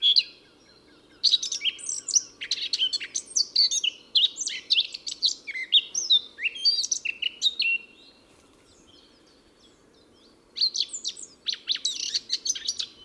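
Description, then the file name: Eurasian blackcap song in long, dense warbled phrases of varied chattering and whistled notes, with a pause near the end before another phrase. "Sylvia atricapilla"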